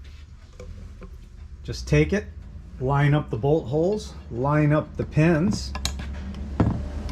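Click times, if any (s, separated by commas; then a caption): 6.6 s. A rubber intake gasket is lined up with the bolt holes and pins and pressed into the intake manifold of a 2010 F150 5.4 liter during a coolant leak repair. Someone talks, then a sharp snap at 6.6 seconds marks the gasket seating into place.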